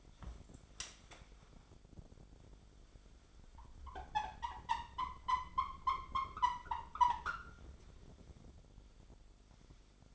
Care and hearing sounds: daily activity, microphone in the room; wipe stove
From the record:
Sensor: 5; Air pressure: 1007.2 hPa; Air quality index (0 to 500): 173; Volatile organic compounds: 4 ppm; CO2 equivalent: 1660 ppm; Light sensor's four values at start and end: 54/149/58/58 and 53/146/58/58

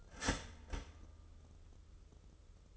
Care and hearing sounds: daily activity, microphone in the room; start toaster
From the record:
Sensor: 4

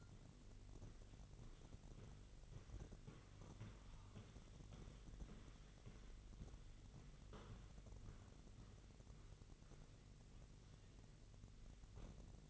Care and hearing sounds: daily activity, microphone in the room; walk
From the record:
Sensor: 4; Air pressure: 1002.4 hPa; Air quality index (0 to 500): 215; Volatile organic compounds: 12 ppm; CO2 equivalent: 2325 ppm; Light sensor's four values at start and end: 20/70/26/26 and 20/70/26/26

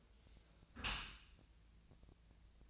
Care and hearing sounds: daily activity, microphone in the room; close dishwasher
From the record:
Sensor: 2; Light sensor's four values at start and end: 11/31/12/14 and 11/31/12/14

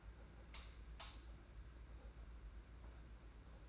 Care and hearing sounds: daily activity, microphone in the room; light on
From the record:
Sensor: 2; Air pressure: 991.8 hPa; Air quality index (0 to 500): 224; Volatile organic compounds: 1000 ppm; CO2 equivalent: 7504 ppm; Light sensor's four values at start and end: 11/26/10/10 and 16/43/17/16

